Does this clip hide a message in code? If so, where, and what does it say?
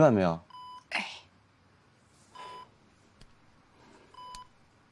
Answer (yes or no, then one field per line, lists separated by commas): no